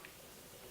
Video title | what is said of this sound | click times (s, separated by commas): DJI Mavic Pro - Fly More Combo Comprehensive Unboxing and Test Flight | It's quite a solid click to it. | 0.1 s